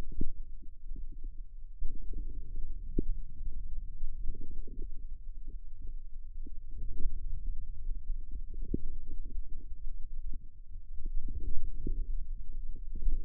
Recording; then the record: forearm muscle sounds (acoustic myography)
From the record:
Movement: outward rotation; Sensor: system 2, bracelet of six BSWA MPA416 microphones around the upper forearm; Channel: 5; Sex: male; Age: 22 years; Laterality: right